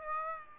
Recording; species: mosquito wingbeat signal from an infrared sensor; Aedes aegypti